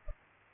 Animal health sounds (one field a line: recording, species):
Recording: mosquito wingbeat signal from an infrared sensor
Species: Culex pipiens